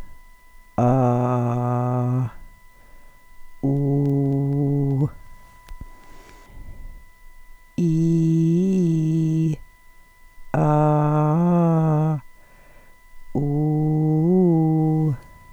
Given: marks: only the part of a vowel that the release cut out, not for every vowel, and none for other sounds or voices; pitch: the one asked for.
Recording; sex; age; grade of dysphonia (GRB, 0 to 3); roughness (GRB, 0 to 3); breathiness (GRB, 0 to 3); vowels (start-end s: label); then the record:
sustained vowels; female; 40 to 49 years; 2; 0; 2
0.82-2.18 s: vowel /a/, low pitch
7.83-9.44 s: vowel /i/, low-high-low pitch
10.67-12.07 s: vowel /a/, low-high-low pitch
13.44-15.06 s: vowel /u/, low-high-low pitch
From the record:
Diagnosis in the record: Reinke's edema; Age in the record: 45 years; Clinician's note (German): Beidseitig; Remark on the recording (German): Leichtes Piepsen im Hintergrund in der NSP-Datei die ganze Datei hindurch.